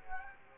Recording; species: mosquito wingbeat signal from an infrared sensor; Culex quinquefasciatus